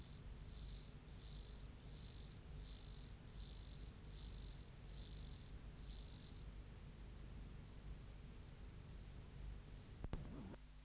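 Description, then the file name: Mottled grasshopper song: eight short, hissing buzzes, roughly one every 0.8 seconds, then a quiet pause ended by a single sharp click. "Myrmeleotettix maculatus"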